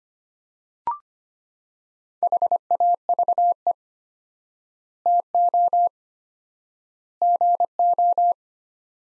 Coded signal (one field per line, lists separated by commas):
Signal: Morse code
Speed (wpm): 25 wpm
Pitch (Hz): 700 Hz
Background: none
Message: HAVE TO GO